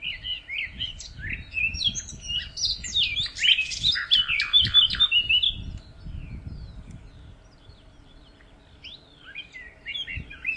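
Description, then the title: Bird song of rapid, busy chirps and twitters for about six seconds, then quieter scattered notes, with a steady low hum throughout. "LuckyPassaro Completos2Sama"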